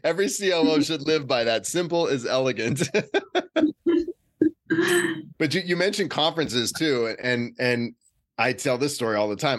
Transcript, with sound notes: Every COO should live by that, simple is elegant. [laugh] You mentioned conferences too. I tell this story all the time.